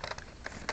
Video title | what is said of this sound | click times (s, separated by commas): Halo MA5C Assault Rifle | there we go and then it locks right into place you see if I pick it up shaking it staying right where it goes | 0.7 s